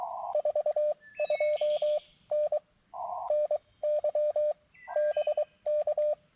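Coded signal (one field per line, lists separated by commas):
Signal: Morse code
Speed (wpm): 22 wpm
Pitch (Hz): 600 Hz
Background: none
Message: 42N NY BK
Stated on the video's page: CW Parks on the Air activation with an mcHF transceiver, which has an internal speaker and tuner.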